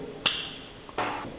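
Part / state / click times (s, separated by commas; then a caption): Ethernet cable plug into single-board computer LAN port / seated / 0.3 s. An Ethernet (LAN) cable plug is pushed into the network port of a Raspberry Pi single-board computer. A sharp, bright click is heard at 0.3 s, followed by a faint tick at 0.9 s and a brief rustling burst around 1.0 s. The plug seats in the port with the click at 0.3 s.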